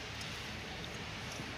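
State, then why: Not seated. A metal valve spring retainer is fitted onto the valve stem of a small 4-stroke petrol engine's cylinder head and twisted to lock, with steady low-level handling noise and no distinct click. Nothing has seated or clicked yet in this clip.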